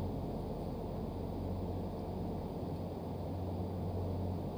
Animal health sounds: poultry house recording; no chicken sound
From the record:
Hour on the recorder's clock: 2

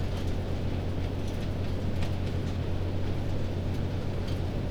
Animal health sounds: poultry house recording; no chicken sound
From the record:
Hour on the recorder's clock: 22

